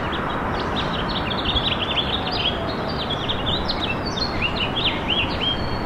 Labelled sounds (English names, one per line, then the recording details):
House Finch song
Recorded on Long Island, New York, on 21 April 2011
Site SR
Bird E